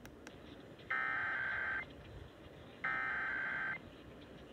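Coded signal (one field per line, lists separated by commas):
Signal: Emergency Alert System (SAME) tones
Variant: header bursts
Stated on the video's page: Required Monthly Test EAS tones captured on an AM broadcast station.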